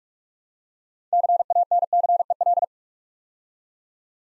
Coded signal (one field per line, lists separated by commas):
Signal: Morse code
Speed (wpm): 44 wpm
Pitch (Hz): 700 Hz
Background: none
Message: CANCEL